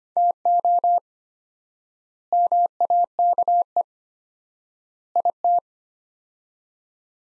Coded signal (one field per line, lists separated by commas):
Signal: Morse code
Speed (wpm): 25 wpm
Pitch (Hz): 700 Hz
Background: none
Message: TO MAKE IT